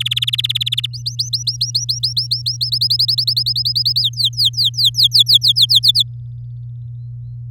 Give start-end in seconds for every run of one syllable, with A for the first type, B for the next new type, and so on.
0.00-0.86 A, 0.93-2.70 B, 2.72-4.01 C, 4.02-5.80 D, 5.83-6.03 E